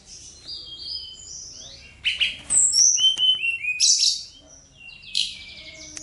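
Bird song starting softly with thin whistles, then louder buzzy bursts, sharp chips and slurred notes.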